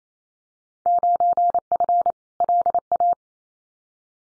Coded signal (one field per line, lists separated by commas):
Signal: Morse code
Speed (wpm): 28 wpm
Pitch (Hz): 700 Hz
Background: none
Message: 9F LA